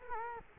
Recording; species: mosquito wingbeat signal from an infrared sensor; Culex quinquefasciatus